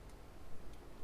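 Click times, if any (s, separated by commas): none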